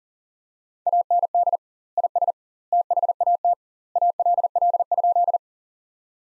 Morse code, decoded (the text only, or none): AND IS THAT ALL?